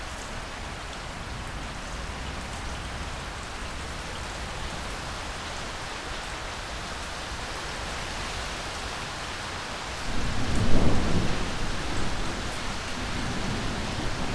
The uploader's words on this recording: Rain sounds from Zapsplat . Cleansing, purifying rain as a soundscape. And a little added thunder.